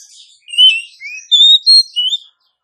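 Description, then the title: Oriental magpie-robin calls: a fast phrase of clear, high whistled notes, some rising and some level, with short bright bursts mixed in. Female call, used as a lure to provoke males to respond and fight; any male is said to answer quickly. "KACER NGOTOT FULL TEMBAKAN. KACER MANAPUN DIJAMIN NYAUT TIDAK PAKEK LAMA DENGAN PIKAT SUARA KACER BETINA INI"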